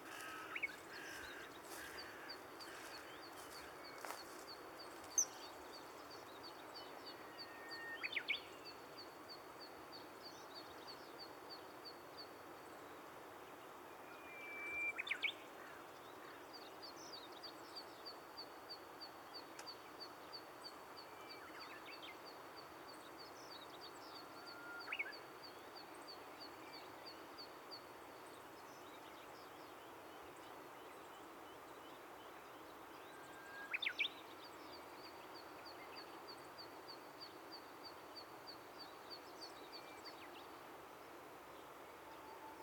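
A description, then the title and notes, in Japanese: Someone walks through an overgrown riverside thicket toward the riverbank, with a steady outdoor hiss, a constant high insect trill, and occasional bird calls. 生い茂ってきた多摩川ジャンルを歩いて、河原の方へ向かいます。先日の台風で増水した川も落ち着き、なぎ倒された草木や、流れ出した泥があちこちに。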